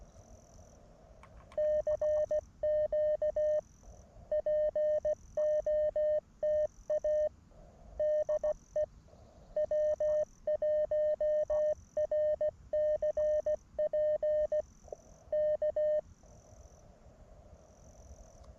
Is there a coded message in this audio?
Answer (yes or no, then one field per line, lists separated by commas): yes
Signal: Morse code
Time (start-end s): 1.6-16.0 s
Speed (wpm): 16 wpm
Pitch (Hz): 590 Hz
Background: none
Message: CQ POTA DE W1RCP K